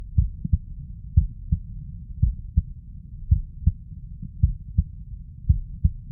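Steady paired lub-dub thumps of an adult heart at about 56 beats a minute, six beats in a row with a regular rhythm, heard through a stethoscope on the chest. A clean heartbeat with a faint low hum and no added noises between beats.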